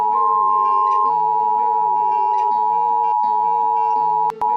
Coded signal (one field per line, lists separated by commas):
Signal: Emergency Alert System (SAME) tones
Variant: 853 and 960 Hz attention tone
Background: music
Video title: Mr Increíble Perturbado (Escuchas Está Alarma de/EAS ALARM) Parte 4 /4/15